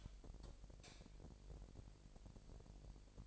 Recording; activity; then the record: daily activity, microphone in the room; light off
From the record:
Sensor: 5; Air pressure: 1012.1 hPa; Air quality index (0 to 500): 249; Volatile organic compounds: 4 ppm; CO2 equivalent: 1665 ppm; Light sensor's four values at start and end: 39/93/38/41 and 38/89/37/39